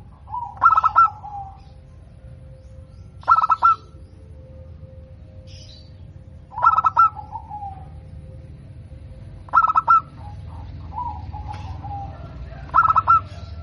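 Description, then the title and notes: Zebra dove song, a staccato bubbling coo burst repeated about every three seconds, some ending in a short falling trill. Local strain, described as singing frequently with a loud, crystal-clear voice. "PERKUTUT LOKAL GACOR Suara KRISTAL LANTANG. Kicau Burung Perkutut"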